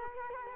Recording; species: mosquito wingbeat signal from an infrared sensor; Culex quinquefasciatus